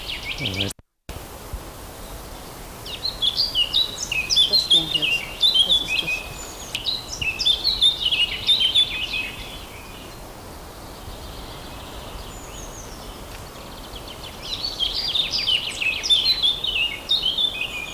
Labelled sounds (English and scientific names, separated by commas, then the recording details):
Eurasian Blackcap (Sylvia atricapilla) song
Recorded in the wild
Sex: male
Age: adult
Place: Mühlenbecker Wald, Brandenburg, DE
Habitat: forest
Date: 1997-06-07 12:50
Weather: sunny, ca. 26°C, gusty winds
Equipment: Nagra SN, Kopie Uher 4000 Report Monitor
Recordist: Tembrock, Günter